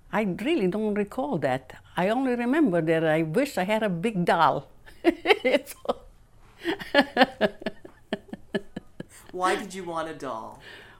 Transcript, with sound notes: I really don't recall that. I only remember that I wished I had a big doll. ( she laughs ) That's all.
Why did you want a doll?